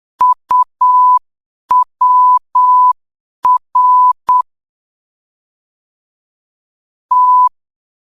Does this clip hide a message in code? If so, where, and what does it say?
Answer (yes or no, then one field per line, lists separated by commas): yes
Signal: Morse code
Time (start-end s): 0.2-7.5 s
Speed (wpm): 8 wpm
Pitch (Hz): 1000 Hz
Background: none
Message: UWR T